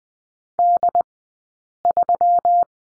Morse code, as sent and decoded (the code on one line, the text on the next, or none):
-.. ...--
D3